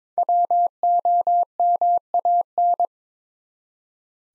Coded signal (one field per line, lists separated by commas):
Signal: Morse code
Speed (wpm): 22 wpm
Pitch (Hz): 700 Hz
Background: none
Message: WOMAN